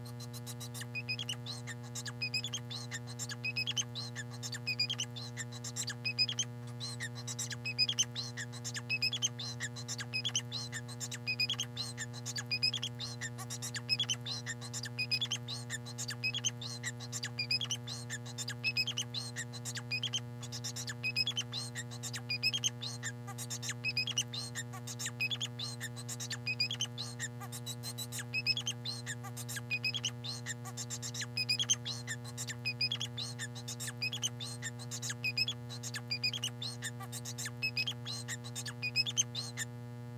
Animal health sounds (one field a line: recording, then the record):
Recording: song of a male Bengalese finch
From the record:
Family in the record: son of father 4